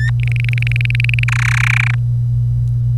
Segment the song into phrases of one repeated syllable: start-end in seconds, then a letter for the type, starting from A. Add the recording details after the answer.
0.00-0.10 A, 0.20-1.24 B, 1.28-1.95 C. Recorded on 25 April 2018 at 09:09. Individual llb3